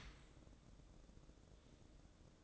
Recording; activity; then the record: daily activity, microphone in the room; open dishwasher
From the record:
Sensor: 3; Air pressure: 1012.3 hPa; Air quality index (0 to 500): 146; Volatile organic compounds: 2 ppm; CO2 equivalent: 1128 ppm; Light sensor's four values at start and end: 539/1326/547/542 and 539/1324/546/541